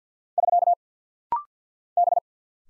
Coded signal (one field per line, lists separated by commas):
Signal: Morse code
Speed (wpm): 48 wpm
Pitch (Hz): 700 Hz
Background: none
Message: <SK> B